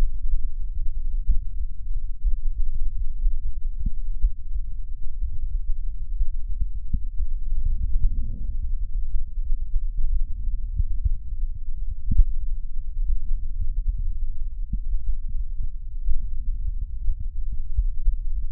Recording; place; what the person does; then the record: lung sounds by stethoscope; left anterior apical chest; quiet breathing, then deep breathing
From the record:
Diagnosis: COPD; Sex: male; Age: 69 years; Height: 162 cm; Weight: 124.8 kg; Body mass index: 47.6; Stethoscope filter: bell mode